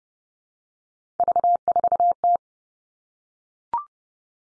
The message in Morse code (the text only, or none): V4T